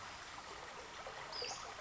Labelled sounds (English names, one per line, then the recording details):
Western Flycatcher
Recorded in Sonoma County, California